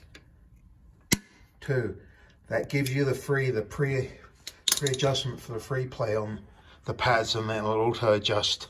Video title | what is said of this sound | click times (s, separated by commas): Country Coach Brake Design Flaw - Part 2 | and you back this off two clicks | 1.1 s